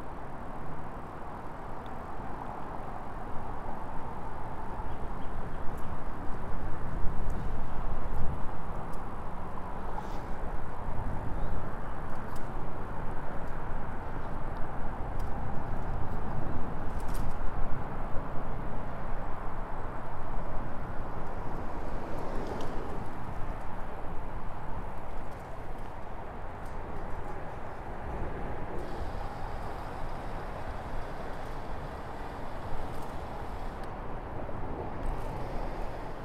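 A bike ride from Orchard Beach, carried by a dense, steady rumble of wind and rolling noise that swells around seven to nine seconds. Faint clicks and brief taps break through now and then, with a soft passing hiss near twenty-two seconds.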